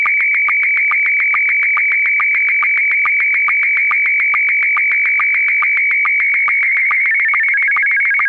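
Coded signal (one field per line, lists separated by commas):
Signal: SSTV (slow-scan television)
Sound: high steady whistle with rapid regular ticks and a low blip about twice a second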